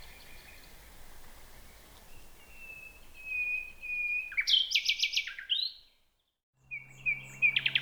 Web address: nachtegaal luscinia megarhynchos